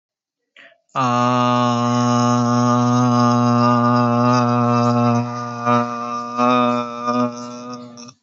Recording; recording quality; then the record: sustained vowel as in made; excellent, no background noise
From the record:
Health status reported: healthy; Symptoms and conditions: none ticked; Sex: male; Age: 30 years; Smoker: not ticked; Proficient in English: yes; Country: India